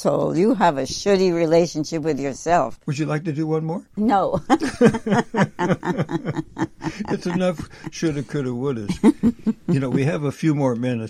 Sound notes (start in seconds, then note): 4.3 laughs; 9.1 laughs